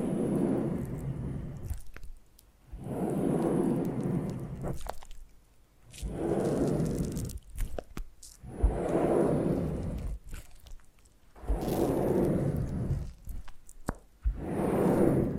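Foam being massaged in slow, regular strokes, each a soft, rumbling, squishy swell lasting about a second and a half, repeating every two to three seconds. Brief clicks and crackles fall in the pauses between strokes, with a faint thin hiss above.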